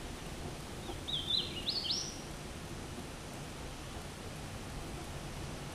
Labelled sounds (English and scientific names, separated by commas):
Hooded Warbler (Setophaga citrina) song